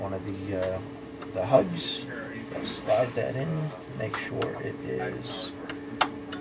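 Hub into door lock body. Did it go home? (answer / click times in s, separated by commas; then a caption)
yes / 6.0 s. A metal hub is slid into a door lock housing while the lock is being rehanded, with someone talking over a low steady hum. A sharp tick at 6.0 s marks the hub seating in place, confirmed as in.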